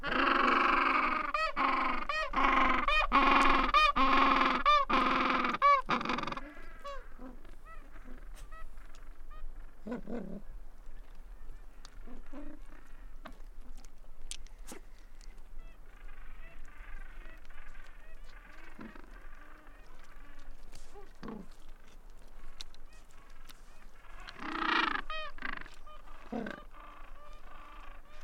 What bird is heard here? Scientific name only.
Pygoscelis papua